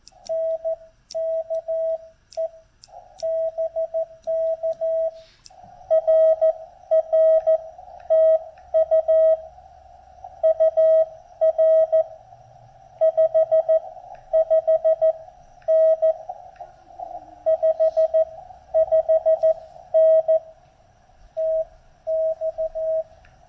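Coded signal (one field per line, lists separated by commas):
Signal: Morse code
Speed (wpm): 14 wpm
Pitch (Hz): 640 Hz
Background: radio noise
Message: NKE BK RR TU UR 55N 55N TX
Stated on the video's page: Heard during a park activation in North Carolina; the station met there was operating FT8 with portable gear.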